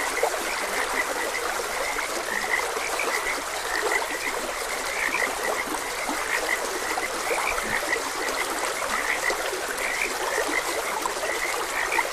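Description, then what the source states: Frogs croaking steadily, dense overlapping chirps and low knocks throughout, accompanied by a continuous babbling stream. Frogs croaking beside a gentle stream.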